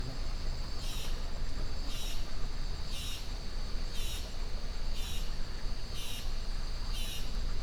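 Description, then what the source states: Insect chatter in pulsing swells, a hissing buzzy burst roughly every second, seven in all, over a steady high insect drone and a constant low river rush. Rainforest jungle in Costa Rica at 06:32 AM, insect chatter swelling, river present, recorded with a Holophone.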